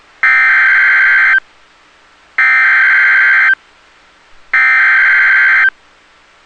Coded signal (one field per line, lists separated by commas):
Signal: Emergency Alert System (SAME) tones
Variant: header bursts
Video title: Tropical Storms and Severe Storms | EAS Alerts from 8/20/21 (EAS #837-841)